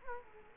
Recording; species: mosquito wingbeat signal from an infrared sensor; Culex quinquefasciatus